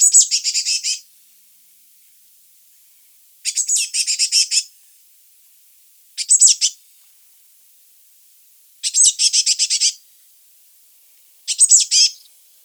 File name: Cyanistes caeruleus